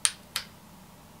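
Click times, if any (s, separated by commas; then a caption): 0.0 s. The cool-shot button on the plastic handle of a T3 hair dryer is pressed and clicks into place at 0.1 s with a sharp, bright click, followed by a softer second click at 0.4 s. The button latches so it does not have to be held down.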